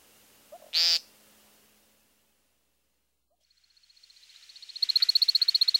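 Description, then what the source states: American Woodcock flight song: one harsh buzzy peent note, a pause, then a steady-pitched run of rapid high twittering that grows steadily louder. Male displaying; initial peenting phrases followed by airborne chips and chirps; some twittering whistles made by wing feathers during spiraling flight display.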